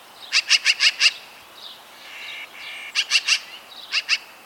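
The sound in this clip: Magpie rattle call: a fast run of five harsh clacking notes, a soft pause, then shorter bursts of three and two rasping notes.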